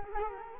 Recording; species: mosquito wingbeat signal from an infrared sensor; Culex quinquefasciatus